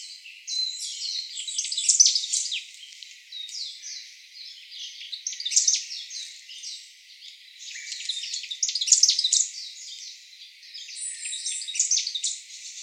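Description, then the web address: Varied tit calls: several dense bursts of high, scratchy, chattering notes, separated by quieter stretches. "birdenaga yamagara"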